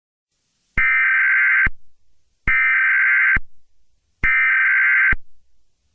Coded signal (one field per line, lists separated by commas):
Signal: Emergency Alert System (SAME) tones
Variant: header bursts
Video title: (EAS Scenario) Wildfire (Walking Dead)